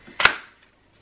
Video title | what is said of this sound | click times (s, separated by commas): ICKLE BUBBA STOMP V3 FIRST IMPRESSIONS OVERVIEW - _MrsTino | um until it clicks and then you can kind of push it back down again they are the like | 0.2 s